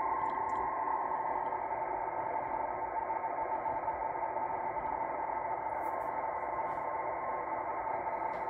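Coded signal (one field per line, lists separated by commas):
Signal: NAVTEX (SITOR-B)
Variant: 100 baud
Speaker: apparently this at 0 45 is supposed to be Boston this is what I'm receiving here is from Boston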